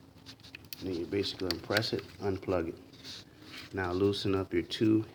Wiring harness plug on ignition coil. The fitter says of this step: you're gonna pull back on that lock there and